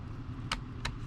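A plastic glare guard is pressed onto a backup camera housing, giving sharp clicks at 0.5 s and 0.9 s over a low vehicle-like rumble. The guard clicks but is not fully home.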